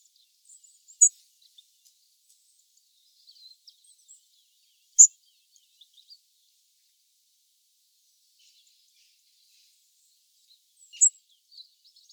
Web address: erithacus rubecula call